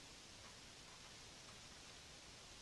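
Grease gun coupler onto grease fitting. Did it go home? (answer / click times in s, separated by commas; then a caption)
no / none. The metal coupler at the tip of a grease gun is held and brought toward a nipple-type grease fitting before being pressed on. Only faint rustling is heard over a steady, even hiss for 2.6 seconds. Nothing has clicked or seated yet.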